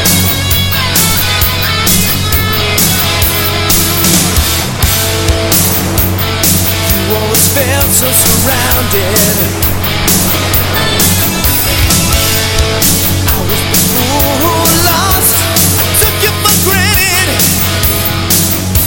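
Melodic rock music plays steadily for the whole stretch, with a strong, steady low bass line, sustained chords, and bright drum hits and cymbal crashes landing regularly throughout. The loudness stays even and dense from start to finish, with no clear ocean sound standing out.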